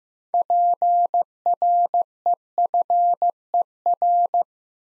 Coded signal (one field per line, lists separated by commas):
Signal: Morse code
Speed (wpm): 15 wpm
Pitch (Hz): 700 Hz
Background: none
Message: PREFER